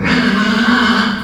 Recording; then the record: squeal of a Yucatan mini pig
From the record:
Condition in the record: after surgery on the right vocal fold (resection and tissue-engineered implant); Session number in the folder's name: 16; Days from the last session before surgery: 183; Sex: female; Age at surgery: 19 weeks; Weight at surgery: 25 kg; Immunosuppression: prednisolone